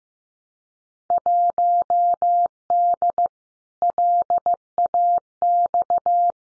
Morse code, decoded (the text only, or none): 1D LAX